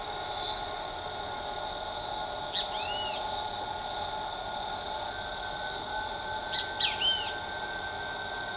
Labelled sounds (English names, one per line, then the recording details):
none
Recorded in shrubland near Pivijay, Magdalena, Colombia, on 14 April 2023 at 09:00
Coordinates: 10.453, -74.365
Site P5-G022